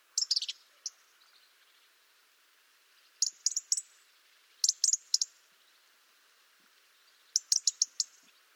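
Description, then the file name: European robin calls: short high ticks in tight groups, spaced a second or more apart, otherwise quiet. "Erithacus rubecula"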